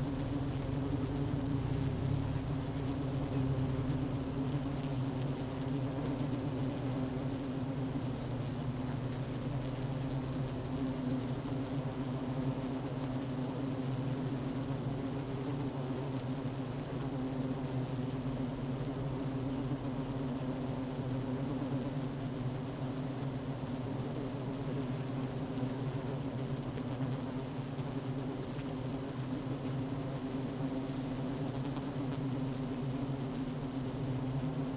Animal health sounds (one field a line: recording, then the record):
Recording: honeybee colony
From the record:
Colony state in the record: active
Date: 12 June 2018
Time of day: 10:05